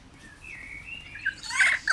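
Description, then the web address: Kea call: a thin rising whistle that breaks into a loud, harsh, grating squawk, with another squawk starting at the very end. Kea at Jászberény Zoo, 2016. "allathangok jaszberenyizoo 2016 professzionalis kea hosszabbanhallgatozva 03 24"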